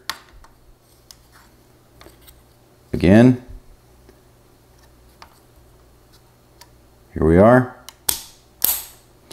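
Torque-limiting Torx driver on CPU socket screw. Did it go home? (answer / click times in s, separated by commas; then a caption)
yes / 8.1 s. A torque-limiting Torx driver turns the second screw on an AMD Ryzen Threadripper Socket TR4 CPU socket, with faint ticks while someone talks around 3 s and 7.3 s. The driver gives a sharp click at 8.1 s, followed by another loud snap at about 8.7 s, and the screw is tight enough.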